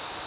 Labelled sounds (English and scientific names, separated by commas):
Nashville Warbler (Leiothlypis ruficapilla) flight call